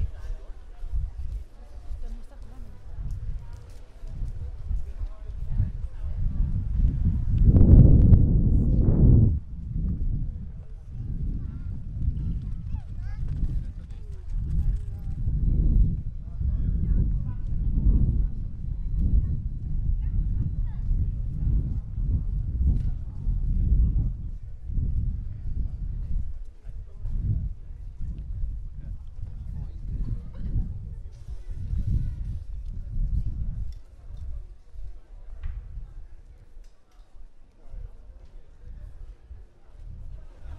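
A walk through Prague streets: voices murmur throughout over low rumbling, with a louder burst near eight seconds and hoof-like clopping at times.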